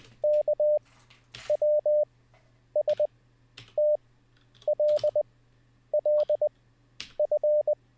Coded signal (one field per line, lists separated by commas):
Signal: Morse code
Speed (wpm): 20 wpm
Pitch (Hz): 600 Hz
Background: none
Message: KWSTLLF